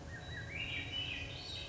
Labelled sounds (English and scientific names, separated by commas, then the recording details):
Swainson's Thrush (Catharus ustulatus)
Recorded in Sonoma County, California